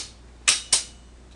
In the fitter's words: hear a couple clicks like that